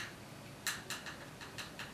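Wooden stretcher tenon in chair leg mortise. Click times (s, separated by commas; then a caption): 0.7 s. A tightly dry-fitted wooden stretcher tenon is twisted back out of its mortise in a wooden chair leg of a chair undercarriage. A sharp pop at 0.7 s marks the tenon releasing, followed by a second, smaller crack at about 0.9 s and a few faint ticks over low background noise. The tenon comes free of the mortise.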